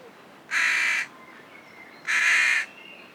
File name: Corvus corone